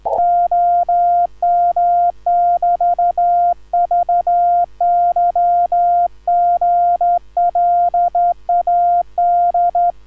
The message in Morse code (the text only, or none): OM <BT> VY GLAD